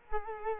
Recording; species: mosquito wingbeat signal from an infrared sensor; Culex quinquefasciatus